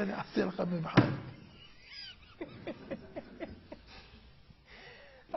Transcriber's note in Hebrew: צחוק